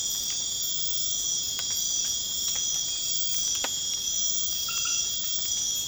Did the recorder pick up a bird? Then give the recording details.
no. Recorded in pastures near Puerto Asís, Putumayo, Colombia, on 12 March 2025 at 01:30. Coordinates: 0.502, -76.324. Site GP07